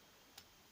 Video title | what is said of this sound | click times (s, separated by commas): Vid 314 Transformers Generations Thrilling Thirties Goldfire | You can get it to click in. Huzzah! | 0.4 s